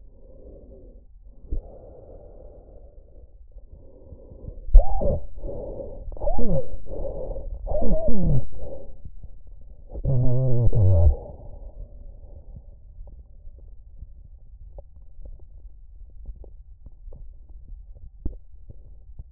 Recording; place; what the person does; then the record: lung sounds by stethoscope; trachea; quiet breathing, then cough and speech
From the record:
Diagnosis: COPD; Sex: male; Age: 85 years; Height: 183 cm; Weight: 88 kg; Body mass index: 26.3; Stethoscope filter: extended mode